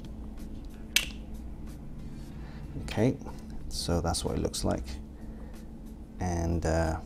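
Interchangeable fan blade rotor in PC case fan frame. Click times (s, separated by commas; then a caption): 1.0 s. The plastic interchangeable fan blade rotor of a Thermaltake SWAFAN 12 RGB PC case fan is gripped with fingers between the blades and pushed out of its fan frame to swap it for reverse blades. A sharp click is heard at 1.0 s as the rotor releases from the frame, and then someone talks.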